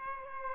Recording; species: mosquito wingbeat signal from an infrared sensor; Aedes aegypti